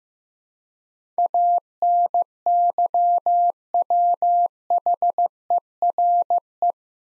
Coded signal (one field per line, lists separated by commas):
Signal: Morse code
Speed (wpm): 15 wpm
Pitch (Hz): 700 Hz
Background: none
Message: ANYWHERE